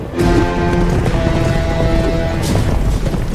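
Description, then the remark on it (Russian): Horse hooves of Pecheneg riders gallop across the steppe in a loud, steady drumming rush that runs without pause, the horses ridden on thick hides instead of saddles, with a thin tonal cry like a whinny rising briefly over the pounding. “Насколько хватает глаз, по степи скачут печенеги.”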